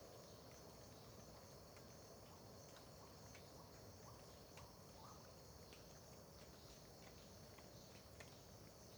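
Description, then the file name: Crickets give a continuous high, shimmering trill throughout, with occasional light drip-like clicks and a broad low background noise. Terra Ronca park, near the road, at dawn; dripping water also present; AB stereo recording. "Ambiencia parque terra ronca perto da estrada amanhecer com bacurau, gotejar, grilos, gravacao em ab"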